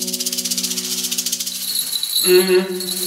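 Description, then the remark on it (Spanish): A soft snake sound from a serpent in the jungle: a quick, steady rattling buzz pulses over a low humming tone, then shifts into a brighter, wavering sustained tone for the last second. No one speaks. “Igual no les importa porque parece un ave, aunque pensándolo más en caliente, mejor que se escondan que es una serpiente.”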